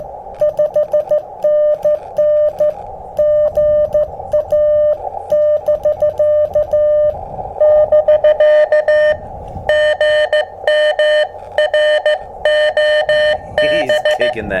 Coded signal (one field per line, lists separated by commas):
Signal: Morse code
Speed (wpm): 14 wpm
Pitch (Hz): 600 Hz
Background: none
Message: 5NN GA <BK> <BK> GM ROB